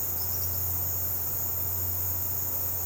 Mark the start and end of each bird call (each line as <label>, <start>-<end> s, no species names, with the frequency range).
bird call (3.7-6.2 kHz), 0.17-0.57 s